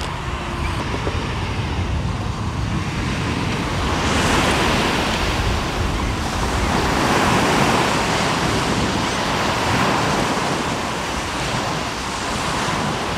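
Waves wash along a shoreline in a continuous roar, swelling into broader surges around four, seven and ten seconds. Wind buffets the microphone underneath, adding a low rumble, while the hiss of breaking water stays dense and steady throughout.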